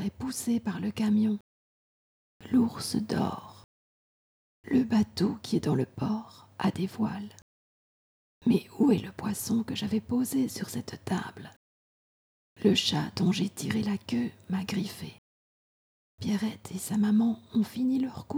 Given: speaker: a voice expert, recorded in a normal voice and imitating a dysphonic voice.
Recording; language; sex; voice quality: read sentences; French; female; dysphonic voice